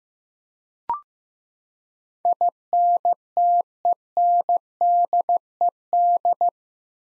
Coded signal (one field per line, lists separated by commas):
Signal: Morse code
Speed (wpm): 15 wpm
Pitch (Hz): 700 Hz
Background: none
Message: INTENDED